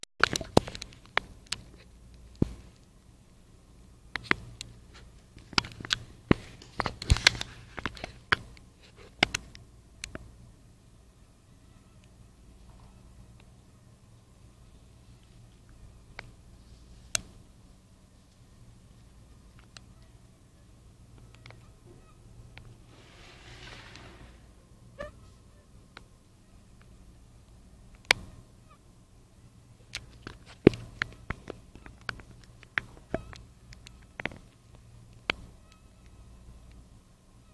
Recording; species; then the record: mosquito flight sound by mobile phone; Anopheles stephensi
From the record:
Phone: Nokia 5235